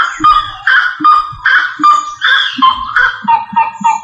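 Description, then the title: Rail calling with repeated piping notes and short low grunting pulses in an uneven rhythm. "LuckyFamilia RallidaeFrangoSama"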